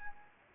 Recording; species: mosquito wingbeat signal from an infrared sensor; Anopheles gambiae